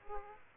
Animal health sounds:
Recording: mosquito wingbeat signal from an infrared sensor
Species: Aedes aegypti

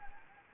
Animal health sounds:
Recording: mosquito wingbeat signal from an infrared sensor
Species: Anopheles gambiae

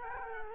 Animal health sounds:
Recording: mosquito wingbeat signal from an infrared sensor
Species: Culex quinquefasciatus

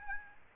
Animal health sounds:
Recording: mosquito wingbeat signal from an infrared sensor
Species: Aedes albopictus

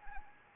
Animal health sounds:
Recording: mosquito wingbeat signal from an infrared sensor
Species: Anopheles arabiensis

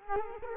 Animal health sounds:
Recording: mosquito wingbeat signal from an infrared sensor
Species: Culex quinquefasciatus

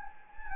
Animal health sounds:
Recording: mosquito wingbeat signal from an infrared sensor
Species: Anopheles gambiae

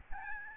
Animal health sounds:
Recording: mosquito wingbeat signal from an infrared sensor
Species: Aedes albopictus

